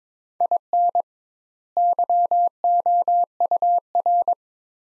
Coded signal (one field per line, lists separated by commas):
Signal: Morse code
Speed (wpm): 22 wpm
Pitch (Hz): 700 Hz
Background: none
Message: IN YOUR